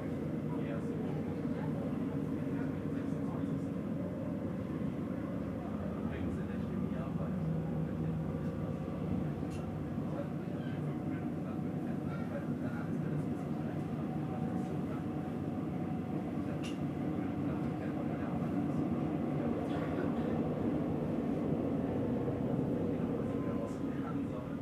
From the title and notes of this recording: Relaxing Circuit on Berlin's Ringbahn. Authentic audio recording of this unique S-Bahn trip. The gentle rhythm of the train and the subtle sounds of the city.